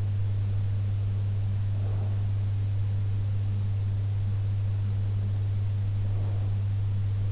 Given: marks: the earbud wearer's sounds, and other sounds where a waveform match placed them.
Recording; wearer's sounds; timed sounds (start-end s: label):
sounds in sleep by an in-ear microphone; breath
1.71-2.41 s: breath
5.99-6.73 s: breath